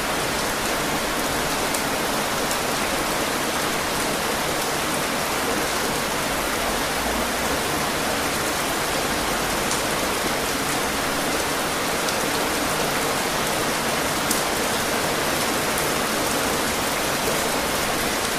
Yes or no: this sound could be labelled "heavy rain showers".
yes